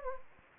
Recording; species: mosquito wingbeat signal from an infrared sensor; Anopheles gambiae